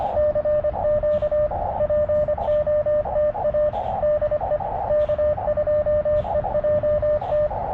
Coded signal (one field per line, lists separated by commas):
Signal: Morse code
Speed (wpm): 25 wpm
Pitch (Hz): 600 Hz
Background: radio noise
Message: CQ POTA DE K2EJT